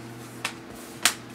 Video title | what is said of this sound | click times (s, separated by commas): Laptop screen replacement / How to replace laptop screen Dell Inspiron 6400 | until you hear all the little clicks of the clips clipping back together | 0.4 s, 1.0 s